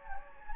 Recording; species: mosquito wingbeat signal from an infrared sensor; Anopheles gambiae